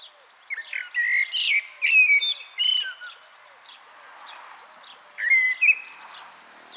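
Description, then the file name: Common blackbird giving a loud fluted, warbling phrase with high squeaky notes woven in, then a pause and a shorter whistled phrase. "Turdus merula"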